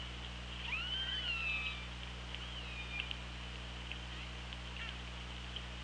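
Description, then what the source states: Orca call, one rising-then-falling harmonic mew followed by a fainter echoing call and a few scattered clicks, over steady underwater drone. Recorded on the OrcaLab hydrophone, 24 August 2017 at 16:56.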